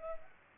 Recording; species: mosquito wingbeat signal from an infrared sensor; Culex pipiens